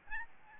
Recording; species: mosquito wingbeat signal from an infrared sensor; Aedes albopictus